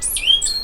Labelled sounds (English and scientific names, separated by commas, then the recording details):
Stitchbird (Notiomystis cincta) song
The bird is a male
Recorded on Tiritiri Matangi Island, New Zealand, in 2005
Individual 10, of nest box 12